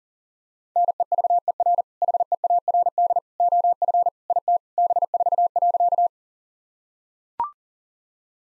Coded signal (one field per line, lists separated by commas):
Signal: Morse code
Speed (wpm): 40 wpm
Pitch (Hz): 700 Hz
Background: none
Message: NEVER HEARD OF IT B4.